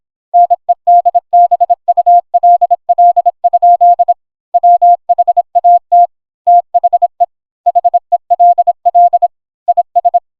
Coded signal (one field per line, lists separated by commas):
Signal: Morse code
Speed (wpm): 26 wpm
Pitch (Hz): 700 Hz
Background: none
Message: NEDBULL? WHAT THE HELL IS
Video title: Family Guy Scene but it’s Entirely in Morse Code